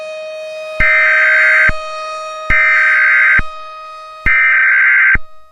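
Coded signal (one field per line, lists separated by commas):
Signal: Emergency Alert System (SAME) tones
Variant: header bursts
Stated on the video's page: Fictional EAS scenario made for entertainment.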